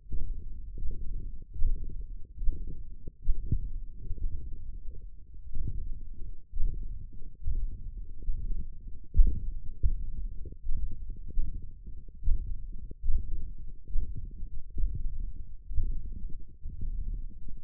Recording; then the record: forearm muscle sounds (acoustic myography)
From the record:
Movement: hand opening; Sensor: system 1, eight BSWA MPA416 microphones around the upper forearm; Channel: 3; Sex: male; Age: 21 years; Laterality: right